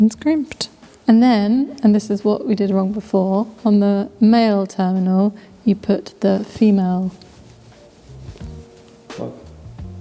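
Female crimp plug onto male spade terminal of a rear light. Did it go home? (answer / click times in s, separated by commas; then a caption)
yes / 8.4 s. Someone talks while a crimped wire's female plug, an insulated spade connector, is pushed onto the male spade terminal of a truck's rear light wiring. A sharp click at 8.4 s marks the connector seating home, and it is secure.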